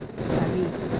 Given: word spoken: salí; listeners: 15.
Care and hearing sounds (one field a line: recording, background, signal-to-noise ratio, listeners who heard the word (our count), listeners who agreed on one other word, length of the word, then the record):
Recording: one Spanish word in noise, from a listening test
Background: noise modulated by three-talker babble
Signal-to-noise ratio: -3.3 dB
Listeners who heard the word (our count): 4 of 15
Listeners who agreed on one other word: 10 of 15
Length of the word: 0.60 s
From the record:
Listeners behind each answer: 10, 4, 1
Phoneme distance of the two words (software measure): 7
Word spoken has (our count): 2 syllables, 4 phonemes, stress on syllable 2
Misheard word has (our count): 2 syllables, 5 phonemes, stress on syllable 2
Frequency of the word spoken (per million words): 13.03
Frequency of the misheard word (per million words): 147.13